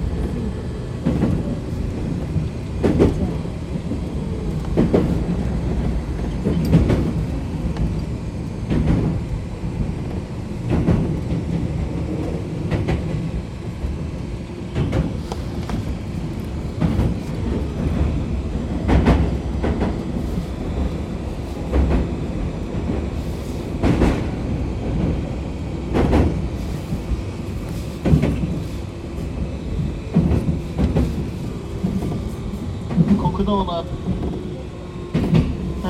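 A ride aboard a commuter train, heard from inside the carriage: a steady low rumble with a faint motor hum underneath. Sharp clacks from the rail joints strike every one to three seconds, and a brief wheel squeal rises near the end.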